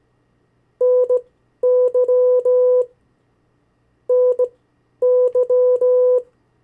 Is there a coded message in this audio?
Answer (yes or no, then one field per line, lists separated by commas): yes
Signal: Morse code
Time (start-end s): 0.8-6.2 s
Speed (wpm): 18 wpm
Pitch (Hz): 500 Hz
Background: none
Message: NY NY